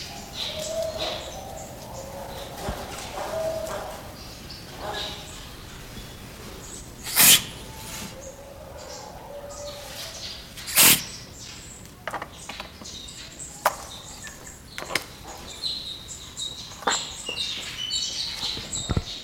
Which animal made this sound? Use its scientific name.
Chauna torquata